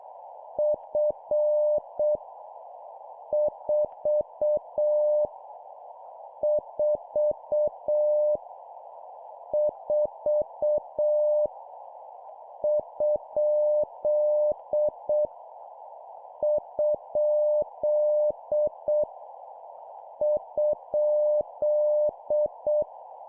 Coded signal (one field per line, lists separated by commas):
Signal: Morse code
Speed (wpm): 7 wpm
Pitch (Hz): 600 Hz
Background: none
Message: F 4 4 4 ? ? ?